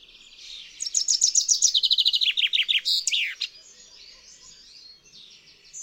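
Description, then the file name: Common chaffinch song: a bright series of sharp notes descending in pitch, ending in a quick emphatic flourish, with faint birdsong behind. "ZIEBA"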